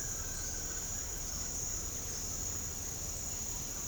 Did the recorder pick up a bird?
no